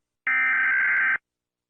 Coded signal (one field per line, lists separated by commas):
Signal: Emergency Alert System (SAME) tones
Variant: header bursts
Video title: Mr Incredible Becoming Uncanny Eas Alerts (REUPLOAD)